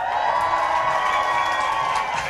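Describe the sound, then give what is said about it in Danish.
A large Danish festival audience cheers steadily during a live broadcast of a band's show on a Saturday afternoon, a dense wash of shouting and whooping voices that holds at a loud, even level throughout with no clear pauses. “Direkte fra Danmarks smukkeste festival og Danmarks smukkeste publikum, kære lytter.”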